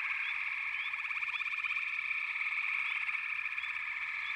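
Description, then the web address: Frogs calling together in a steady, dense trilling chorus, with brief rising chirps from individual callers now and then. "Nature Songs Nature Sounds The Natural Sounds of the Wilderness 10 CDs collection Echoes of Nature - Frog Chorus"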